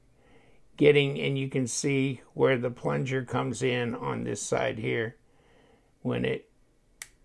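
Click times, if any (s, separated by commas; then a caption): 7.0 s. Someone talks while a CJRB button lock folding knife is handled, and then the blade is opened. At 7.0 s a sharp, short click is heard as the button lock plunger snaps into the blade tang. The blade is locked open and the lock is confirmed good.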